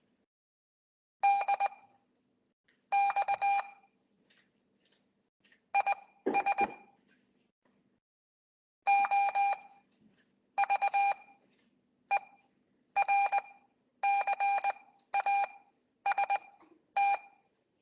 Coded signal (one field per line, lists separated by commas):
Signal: Morse code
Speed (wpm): 19 wpm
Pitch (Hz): 800 Hz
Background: none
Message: DX IS OVERCAST